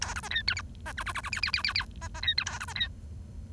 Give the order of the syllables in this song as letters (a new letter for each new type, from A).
A B C D E F C G G G G H H H H H C C D E A B C D